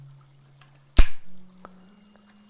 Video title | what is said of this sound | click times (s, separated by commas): Quantum Resonance Crystal Lites | you just heard a click and what that click is one | 1.7 s